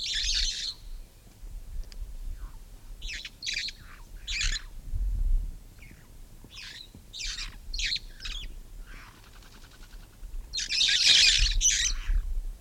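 Red-fronted parrot making clipped harsh squawks in quick series, ending with a louder, broader screech near eleven seconds, with low rumbling noise behind.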